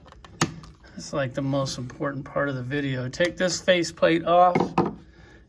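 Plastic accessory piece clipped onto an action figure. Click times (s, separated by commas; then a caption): 0.4 s. A plastic accessory is clipped back onto a plastic MODOK Marvel Legends action figure, set into the groove it sits in, seating with a sharp click at 0.4 s among a few fainter taps around it. Someone then talks for the rest of the clip.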